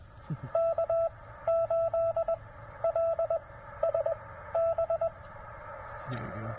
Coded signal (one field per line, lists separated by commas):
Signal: Morse code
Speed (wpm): 19 wpm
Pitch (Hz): 690 Hz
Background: none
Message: K8LSB